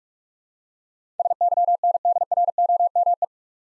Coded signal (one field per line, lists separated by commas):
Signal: Morse code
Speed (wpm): 44 wpm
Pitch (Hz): 700 Hz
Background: none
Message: SYNDROME